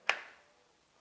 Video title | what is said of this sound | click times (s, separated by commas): ASIT How to Assemble a Desktop | Put the force on this side, it will lock. | 0.1 s